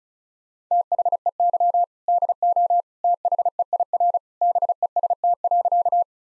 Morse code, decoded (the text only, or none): THEY DO THEIR BEST.